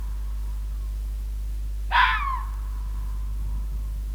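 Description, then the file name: Red fox call: one harsh, rasping scream lasting about half a second, then fading, against a steady low hum. "Rode vos - Sound Cloud - Beeld en Geluid"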